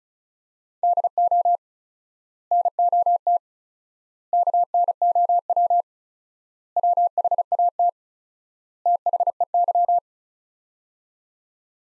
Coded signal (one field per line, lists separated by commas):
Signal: Morse code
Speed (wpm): 36 wpm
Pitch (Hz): 700 Hz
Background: none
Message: DO NOT KNOW WHAT THEY